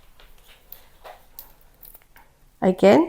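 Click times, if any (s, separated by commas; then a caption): 0.7 s. The bold, curved-top interchangeable tip is pushed into the tip socket of a hot foiling pen, and it seats with a sharp, short click at 0.7 s. Faint ticks and rustling follow, and near the end someone talks.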